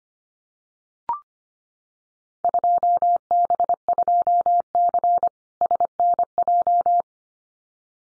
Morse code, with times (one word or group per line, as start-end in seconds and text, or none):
2.4-5.3 2B2C
5.6-7.0 SNJ